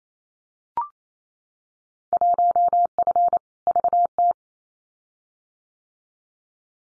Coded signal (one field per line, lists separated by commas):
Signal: Morse code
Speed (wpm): 28 wpm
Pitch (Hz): 700 Hz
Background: none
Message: 1F VT